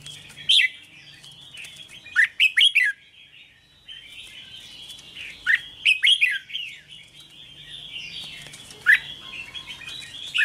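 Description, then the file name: Red-whiskered bulbul: chirps and slurred whistles with a few short, accented flourishes. "Tieng chao mao hot che"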